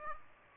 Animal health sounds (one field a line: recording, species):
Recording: mosquito wingbeat signal from an infrared sensor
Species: Aedes aegypti